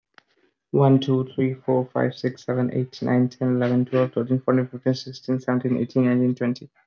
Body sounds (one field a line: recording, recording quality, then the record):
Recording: counting at a fast pace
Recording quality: excellent, no background noise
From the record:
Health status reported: recovered from COVID-19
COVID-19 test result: positive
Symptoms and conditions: none ticked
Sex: male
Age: 22 years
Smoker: not ticked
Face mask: not worn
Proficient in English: yes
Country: India